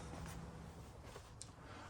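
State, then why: Released. A metal cam safety lock on a QuickJack ELX 6000 portable car lift frame, used for a Panamera, is lifted so its end flips down and disengages, letting the frame glide over the lock catches. Over a steady low background hum, a single short, sharp click sounds at 1.4 s as the lock flips into its released position.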